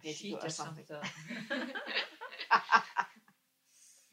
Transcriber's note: laughs